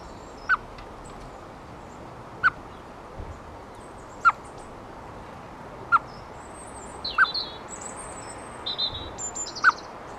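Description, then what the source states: Eurasian blackbird repeating a brief, low tuk call six times at uneven intervals, while other birds add thin high chirps and squeaks in the background. Female.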